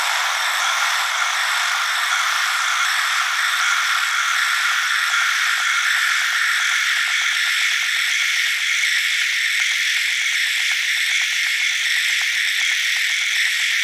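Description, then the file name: Locusts buzzing: a dense, continuous, high-pitched chorus that holds steady throughout, with fast pulsing clearer in the second half and no other sounds standing out. "Rising Locusts"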